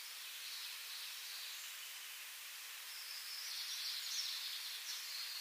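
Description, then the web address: Red-flanked bluetail song: two faint, high warbled phrases over a steady background hiss, the second slightly louder. "Schulze Peter Red-flanked Bluetail song"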